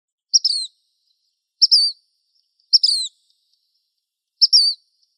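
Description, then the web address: Black phoebe calls: four emphatic, high-pitched notes that drop in pitch, given about every one to two seconds, clean and isolated. Recorded in Arizona. "Flycatchers BLPH"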